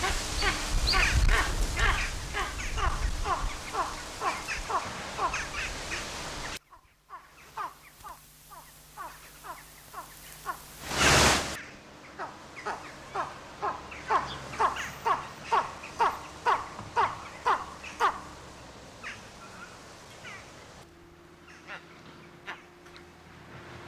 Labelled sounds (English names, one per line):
Eastern Imperial Eagle call